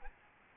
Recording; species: mosquito wingbeat signal from an infrared sensor; Aedes albopictus